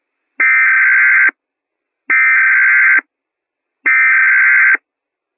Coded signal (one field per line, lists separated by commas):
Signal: Emergency Alert System (SAME) tones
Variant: header bursts